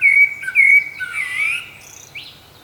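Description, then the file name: Common blackbird: two clear whistled notes followed by a rough, warbling buzz and a faint rising squeak. "Turdus merula"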